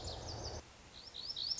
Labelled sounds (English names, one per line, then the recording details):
Lazuli Bunting
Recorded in Sonoma County, California